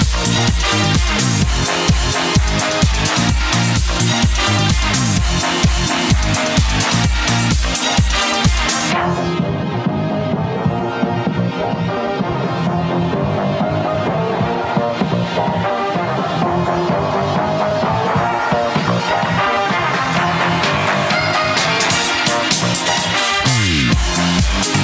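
Loud dance music for bumper cars with a pounding regular beat that drops out near nine seconds, leaving dense synths before the beat returns.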